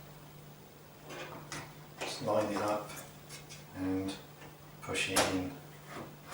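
A graphics card is handled and lined up with the PCIe slot on a motherboard while someone talks, with soft scraping and a brief sharp tap near 1.5 s. The card has not seated or locked into the slot yet.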